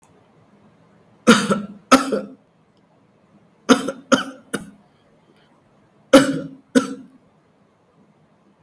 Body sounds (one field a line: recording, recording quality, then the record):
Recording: heavy voluntary cough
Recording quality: excellent, no background noise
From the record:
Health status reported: healthy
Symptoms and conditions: cough, fatigue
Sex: male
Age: 38 years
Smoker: yes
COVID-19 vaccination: both doses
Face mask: not worn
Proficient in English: yes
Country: India